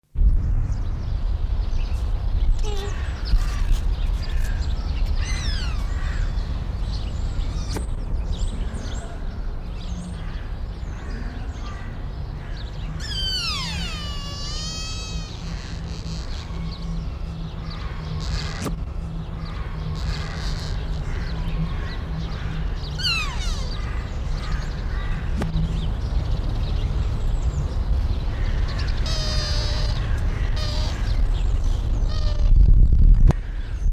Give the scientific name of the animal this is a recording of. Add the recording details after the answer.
Cervus nippon. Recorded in captivity. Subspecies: nippon. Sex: diverse. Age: adult. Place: Zoo Berlin, Berlin, DE. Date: 1995-02-04 10:58. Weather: overcast, 4°C, wind. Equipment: Marantz CP 430, Sennheiser ME 80, Kopie Uher Variocord 263. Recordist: Tembrock, Günter